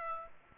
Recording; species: mosquito wingbeat signal from an infrared sensor; Aedes aegypti